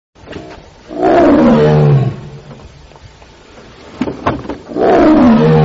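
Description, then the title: Tiger roaring, two heavy descending moans about four seconds apart, with a few knocking thuds between them. "Suara Harimau Sedang Memanggil"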